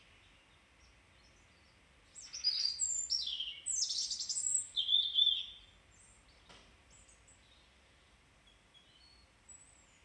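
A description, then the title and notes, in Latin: A blackbird sings one bright, warbling phrase from about two to six seconds, then faint chirps over a quiet, steady hush. Matutinum Turdus Merula Gloria. Une matinée glorieuse.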